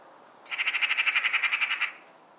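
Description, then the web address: Bird giving a fast, even series of many high pi notes in just over a second, steady in pitch, over faint background hiss. Call type labelled "pi pi pi pi". "cianscape birddata Deverinetal 2025"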